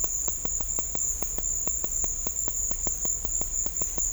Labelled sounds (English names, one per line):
none